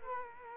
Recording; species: mosquito wingbeat signal from an infrared sensor; Culex quinquefasciatus